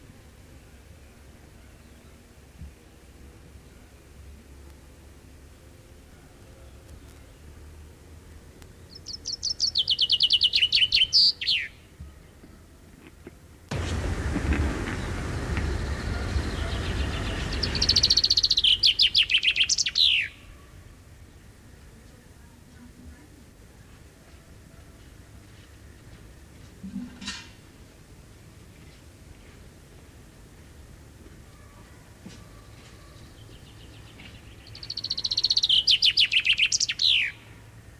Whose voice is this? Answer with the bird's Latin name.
Fringilla coelebs